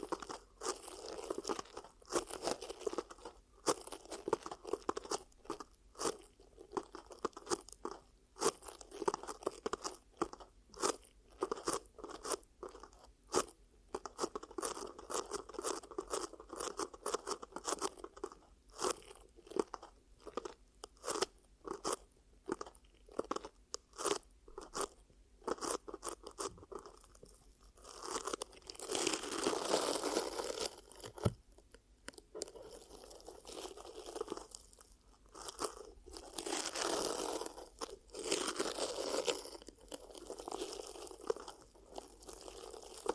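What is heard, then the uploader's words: Ear cupping triggers: rapid, dense crunchy rustles and soft thumps repeat in quick bursts for the first half. Around the 28–32 second mark and again near 36–40 seconds, longer brighter hissing swells take over, muffled moments alternating with crisp crackling. Ear Cupping Triggers.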